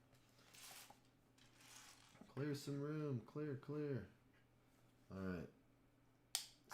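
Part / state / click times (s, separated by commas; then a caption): plastic building brick onto brick build / seated / 6.4 s. Someone talks while a plastic Lego piece is pressed onto the Assembly Square brick build. A single sharp plastic snap sounds at 6.4 s as the piece seats in place.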